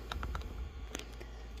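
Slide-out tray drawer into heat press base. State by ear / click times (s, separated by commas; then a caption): seated / 1.0 s. The slide-out pressing tray drawer of an HTVRont auto heat press is slid out and pushed back into the press base. A few light ticks sound from about 0.1 to 0.4 s, then the drawer latches with a sharp click at 0.95 s, seating firmly in place.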